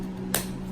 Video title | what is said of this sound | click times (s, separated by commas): Key rebuild for Land Rover lr3, Range Rover sport and full size l322 Range Rover | a little click, just like that. | 0.3 s